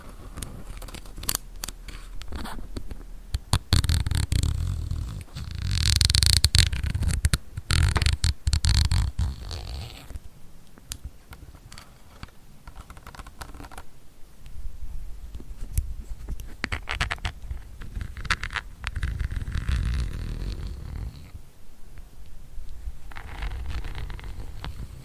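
Lens tapping and camera scratching come as sharp clicks and taps scattered through the recording, busiest and loudest between about 4 and 10 seconds. Softer brushing and rubbing sounds fill the gaps, with another denser patch of scratching around 19 to 24 seconds.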